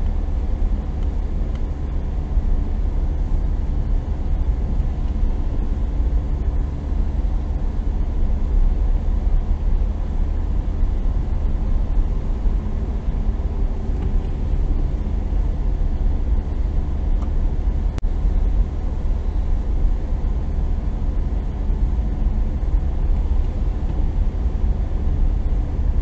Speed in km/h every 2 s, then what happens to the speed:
21, 21, 21, 21, 21, 22, 23, 21, 21, 21, 21, 21, 21.
0-26 steady at about 21.